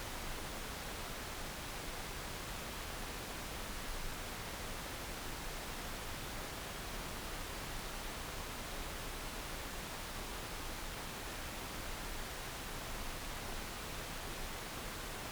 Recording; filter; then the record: brain microelectrode recording played as sound; wide band, above 20 Hz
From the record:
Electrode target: subthalamic nucleus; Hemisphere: left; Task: reaching with the right hand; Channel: 2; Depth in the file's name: 0.251 mm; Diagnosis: Parkinson's disease